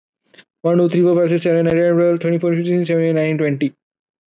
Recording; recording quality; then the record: counting at a fast pace; excellent, no background noise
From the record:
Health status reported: COVID-19 positive, mild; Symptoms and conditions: none ticked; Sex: male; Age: 22 years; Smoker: not ticked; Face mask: not worn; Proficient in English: yes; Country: India